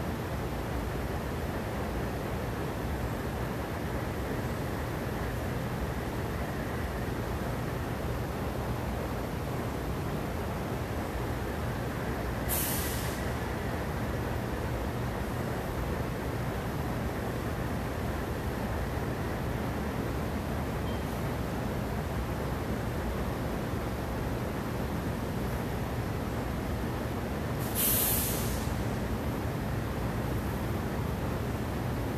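Air conditioners roar steadily throughout, a dense, unchanging whoosh with a low hum underneath. Two brief, bright bursts of hiss cut through, one near twelve seconds and another near twenty-eight, before the even drone continues.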